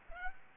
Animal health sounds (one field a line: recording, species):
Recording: mosquito wingbeat signal from an infrared sensor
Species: Aedes albopictus